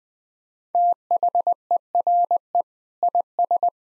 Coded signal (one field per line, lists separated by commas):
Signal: Morse code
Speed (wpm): 20 wpm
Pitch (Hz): 700 Hz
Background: none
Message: THERE IS